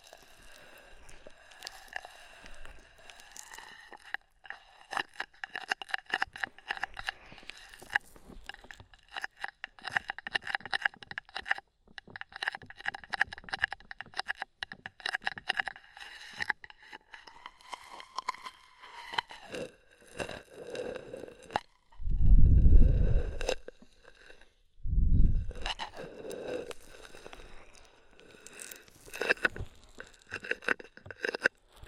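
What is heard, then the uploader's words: An ear massage with oil and foam: dense, crackly squishing and rubbing with quick clicks and pops running steadily for the first twenty seconds over a faint, slowly wavering tone. Around 22 and 25 seconds, two deep, muffled thumps of pressure break in before the crackling resumes. ASMR Oil, Foam and Tingly Ear Massage.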